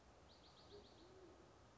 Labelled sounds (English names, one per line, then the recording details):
Band-tailed Pigeon
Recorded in Sonoma County, California